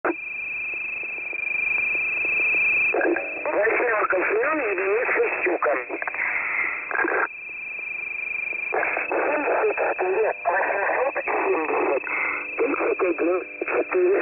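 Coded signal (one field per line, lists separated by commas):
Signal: coded military voice message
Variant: The Pip, Russian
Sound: two stretches of male voice over shortwave, with a faint steady whine throughout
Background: radio static, carrier whine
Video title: The Pip voice message (December 23, 2020 11:50 UTC)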